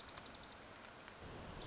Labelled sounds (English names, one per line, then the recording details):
Dark-eyed Junco
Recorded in Sonoma County, California